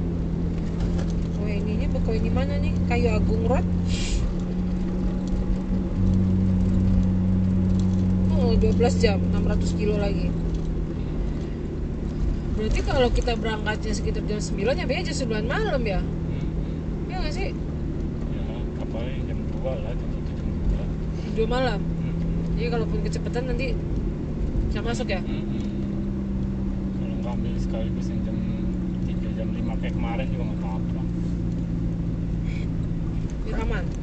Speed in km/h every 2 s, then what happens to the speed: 44, 46, 46, 49, 48, 42, 39, 42, 42, 39, 41, 44, 38, 33, 31, 30, 29.
0-6 steady at about 46. 6-11 slows to 39. 11-22 steady at about 41. 22-34 slows to 29.